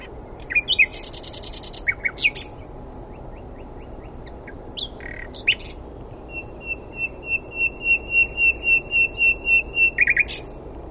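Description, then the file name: Common nightingale song: scratchy chirps and a rapid run, then soft whistled notes repeated many times, growing louder, ending in sharp notes. "Luscinia megarhynchos"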